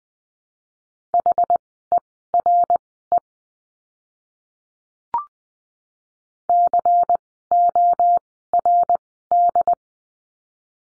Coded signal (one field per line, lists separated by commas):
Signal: Morse code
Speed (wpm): 20 wpm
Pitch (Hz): 700 Hz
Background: none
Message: HERE CORD